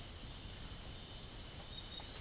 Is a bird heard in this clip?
no